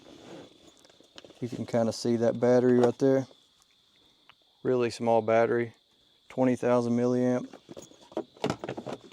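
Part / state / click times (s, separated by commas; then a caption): battery pack into portable fridge battery compartment / seated / 8.4 s. Someone talks while a small 20,000 mAh battery pack is pushed into the side compartment of a portable backpack fridge, with a steady high-pitched tone in the background. A short cluster of sharp knocks follows, and the pack seats with a click at 8.4 s.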